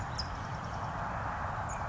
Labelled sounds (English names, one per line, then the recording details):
California Towhee
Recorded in Sonoma County, California